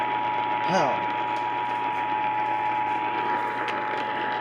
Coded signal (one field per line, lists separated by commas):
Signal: Emergency Alert System (SAME) tones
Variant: 853 and 960 Hz attention tone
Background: speech